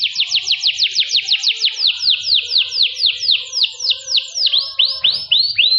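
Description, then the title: Canary song made of rapid repeated downward-sweeping whistles, about four per second, slowing slightly toward the end with a few longer slurred notes. Kenari mewah in cengkok style, a long-duration song with a special pleasing style. "Cengkok Kenari Mewah. Kenari mewah durasi panjang. Cengkok enak gaya istimewa"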